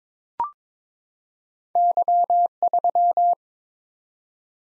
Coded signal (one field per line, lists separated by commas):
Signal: Morse code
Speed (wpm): 22 wpm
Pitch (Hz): 700 Hz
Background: none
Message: Y3